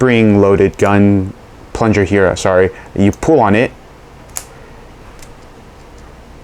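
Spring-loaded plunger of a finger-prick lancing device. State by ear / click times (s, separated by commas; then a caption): seated / 4.4 s. Someone talks, then pulls back the spring-loaded plunger of a finger-prick blood lancing device until its internal latch catches. A single sharp click is heard at 4.4 s as the plunger latches cocked. The device is then ready to fire.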